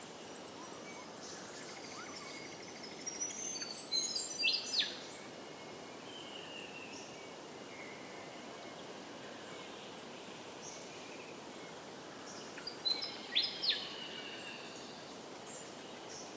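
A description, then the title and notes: Birds sing faintly in an early morning dawn chorus over a steady, hissing outdoor background. Two brighter bursts of high, quick chirps stand out, one around four to five seconds and another near thirteen seconds, with softer calls scattered throughout. Early morning bird-chorus just after dawn near Dayboro in SE Queensland.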